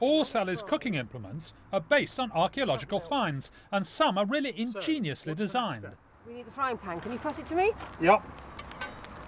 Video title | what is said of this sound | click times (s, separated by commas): What The Romans Did For Us - 1. Life Of Luxury (BBC) | that's a very bizarre thing isn't it wonderful very iici and it locks it locks up like that locks in place | 8.8 s